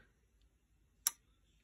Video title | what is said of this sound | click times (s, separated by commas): Civivi Mini Sandbar Pocketknife - A COOLER Elementum?!?! - Unboxing and Overview - | yeah you can whip it out but it is very tough so it's a pretty strong detent clicks back into place | 1.1 s